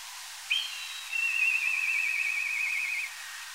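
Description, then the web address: Black kite giving a single drawn-out whistled call that wavers steadily in pitch for about two seconds after a short sharp opening note. "milvus migrans"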